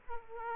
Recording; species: mosquito wingbeat signal from an infrared sensor; Aedes aegypti